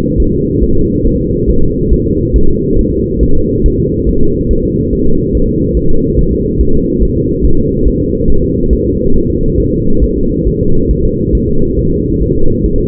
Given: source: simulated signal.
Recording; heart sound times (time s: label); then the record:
fetal heart sounds
0.20 s: S1
0.34 s: S2
0.63 s: S1
0.77 s: S2
1.07 s: S1
1.21 s: S2
1.50 s: S1
1.64 s: S2
1.93 s: S1
2.07 s: S2
2.36 s: S1
2.50 s: S2
2.79 s: S1
2.93 s: S2
3.23 s: S1
3.37 s: S2
3.66 s: S1
3.80 s: S2
4.09 s: S1
4.23 s: S2
4.51 s: S1
4.65 s: S2
4.93 s: S1
5.07 s: S2
5.35 s: S1
5.49 s: S2
5.77 s: S1
5.91 s: S2
6.19 s: S1
6.33 s: S2
6.61 s: S1
6.75 s: S2
7.03 s: S1
7.17 s: S2
7.45 s: S1
7.59 s: S2
7.88 s: S1
8.02 s: S2
8.30 s: S1
8.44 s: S2
8.73 s: S1
8.87 s: S2
9.16 s: S1
9.30 s: S2
9.60 s: S1
9.74 s: S2
10.04 s: S1
10.18 s: S2
10.48 s: S1
10.62 s: S2
10.91 s: S1
11.05 s: S2
11.35 s: S1
11.49 s: S2
11.79 s: S1
11.93 s: S2
12.22 s: S1
12.36 s: S2
12.66 s: S1
12.80 s: S2
From the record:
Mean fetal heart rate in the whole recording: 140 bpm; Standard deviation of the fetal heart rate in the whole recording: 2 bpm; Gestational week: 34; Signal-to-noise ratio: -19.1 dB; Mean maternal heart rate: 72 bpm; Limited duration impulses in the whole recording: present